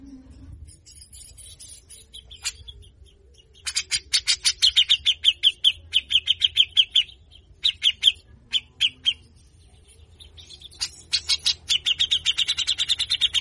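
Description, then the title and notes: Grey-cheeked bulbul: after a quiet start, long runs of harsh, grating notes repeat rapidly, ending in a fast, dense chatter. Training song for songbird keepers, a talkative bird in full harsh burst style (besetan kasar). "MASTERAN CUCAK JENGGOT GACOR FULL BESETAN KASAR. Burung cucak jenggot"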